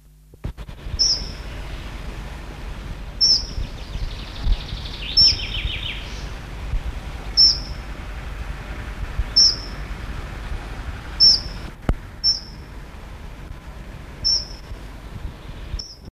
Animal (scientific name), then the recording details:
Prunella modularis. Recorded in the wild. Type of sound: call. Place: Neustadt am Rübenberge, Mecklenburg-Vorpommern, DE. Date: 1979-06-12. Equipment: Halbspur, 9,5 cm/s. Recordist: Lütgens, Hans. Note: Flugfähiges Junges